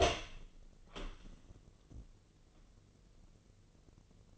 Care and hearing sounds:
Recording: daily activity, microphone in the room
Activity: open door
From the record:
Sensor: 4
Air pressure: 1013.2 hPa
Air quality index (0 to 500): 179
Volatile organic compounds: 2 ppm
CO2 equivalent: 1124 ppm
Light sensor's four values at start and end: 75/183/77/78 and 99/249/103/109

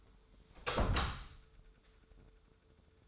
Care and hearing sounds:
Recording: daily activity, microphone in the room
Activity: close door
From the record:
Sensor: 3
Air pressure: 1015.2 hPa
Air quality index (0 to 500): 178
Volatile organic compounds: 16 ppm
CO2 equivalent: 2556 ppm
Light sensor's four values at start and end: 16/41/16/17 and 16/41/16/17

